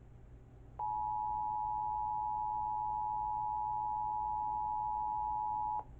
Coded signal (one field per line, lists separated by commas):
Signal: Emergency Alert System (SAME) tones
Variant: 853 and 960 Hz attention tone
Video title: EAS 782: Hastings SVR